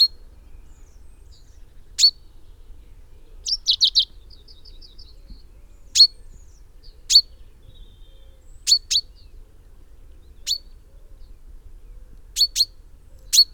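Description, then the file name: Common chaffinch calls: sharp, clipped single notes repeated irregularly, sometimes doubled, with a short rapid cluster of softer chirps early on; otherwise quiet. "Fringilla coelebs"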